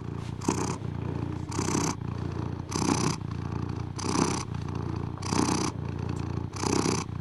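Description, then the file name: Cat purr, a deep constant vibrating rumble with regular breathy swells roughly every one and a quarter seconds. Close-up cat purring. "Digiffects Sound Effects Library - Close Cat Purr"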